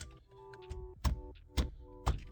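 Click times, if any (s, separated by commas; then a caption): 1.1 s, 1.6 s, 2.1 s. A screwless aftermarket Tesla-style radio head unit and bezel is lined up and pushed into the dashboard of a Jeep Grand Cherokee, held by clips rather than screws. Over steady tonal background music, three sharp clicks land at 1.1, 1.6 and 2.1 seconds as the clips engage. The unit is seated tight in the dash.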